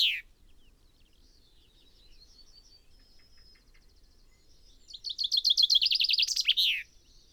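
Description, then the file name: Common chaffinch: the tail of one song, faint high notes, then a full song phrase of repeated notes ending in a flourish. "Fringilla coelebs"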